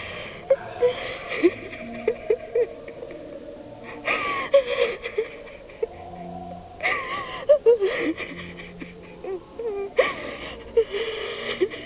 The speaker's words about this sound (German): Komm, Liebste, komm. Nicht mehr weinen. Du kannst nichts daran ändern, Liebste, auch wenn du noch so weinst.